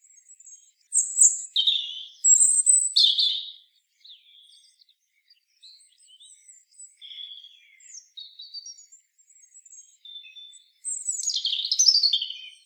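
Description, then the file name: European robin song: high, varied phrases of thin whistles and trills, loud bursts at the start and end with softer, scattered notes between, clean background. "Erithacus rubecula"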